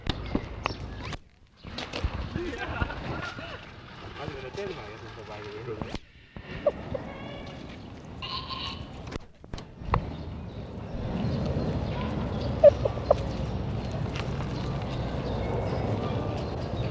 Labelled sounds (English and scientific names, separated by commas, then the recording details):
Tundra Swan (Cygnus columbianus) call
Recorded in captivity
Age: adult
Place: Tierpark Berlin, Berlin, DE
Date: 1966-07-02 15:00
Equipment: Uher 4000 Report-S, Transistorverstärker II, Sennheiser MD 421
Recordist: Tembrock, Günter